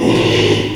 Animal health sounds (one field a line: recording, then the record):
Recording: squeal of a Yucatan mini pig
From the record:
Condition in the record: after surgery on the right vocal fold (resection and tissue-engineered implant)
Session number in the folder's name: 1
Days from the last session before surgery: 6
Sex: male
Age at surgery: 12 weeks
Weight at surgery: 13 kg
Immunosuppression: cyclosporine, prednisolone